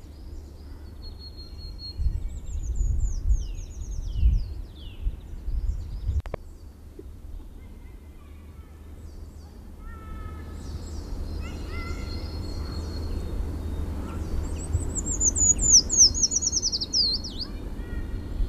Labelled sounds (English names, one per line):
Eurasian Treecreeper song